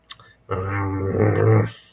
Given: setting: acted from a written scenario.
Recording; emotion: vocal sound without words; shame